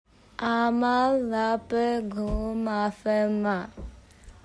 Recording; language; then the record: elicited speech; Bengali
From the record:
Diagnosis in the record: Broca's or global aphasia after a stroke